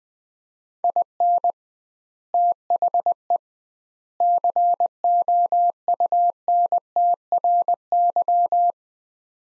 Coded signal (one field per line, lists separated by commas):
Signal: Morse code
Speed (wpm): 21 wpm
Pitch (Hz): 700 Hz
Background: none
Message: IN THE COUNTRY